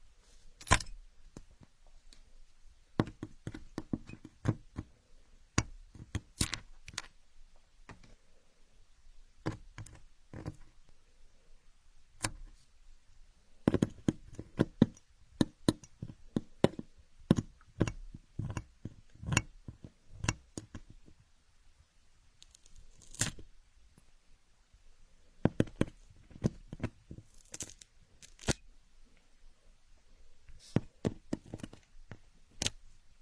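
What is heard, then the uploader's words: Chalk drawing on a blackboard: sharp taps and short scratchy strokes come in irregular bursts throughout, with brief quiet gaps between clusters. The marks are crisp and bright, some with a duller knock, over a faint low hum. Drawing planets on the blackboard, paper and pen drawing board.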